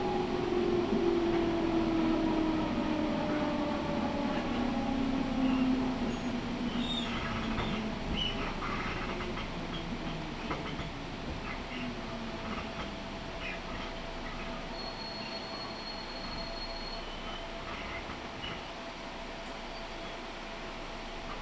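A Tokaido Line train runs between Hamamatsu and Toyohashi, its motor whine falling in pitch over the first ten seconds, then a steady rumble with clatter.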